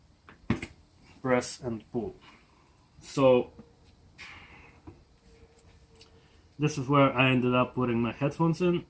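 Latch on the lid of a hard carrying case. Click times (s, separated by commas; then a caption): 0.5 s. The latch on the lid of a hard plastic carrying case is pressed and pulled to unlock it, giving a sharp click at about 0.5 s. Someone talks. The latch is released.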